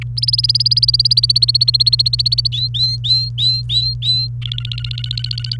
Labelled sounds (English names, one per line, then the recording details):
Domestic Canary song
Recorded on 28 April 2018 at 09:35
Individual llb3